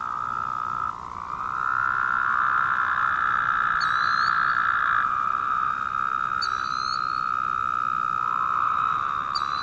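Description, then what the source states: Chorus of Woodhouse's toads, steady nasal buzzing trills layered over one another, plus thin high chirps recurring every few seconds. Several toads calling.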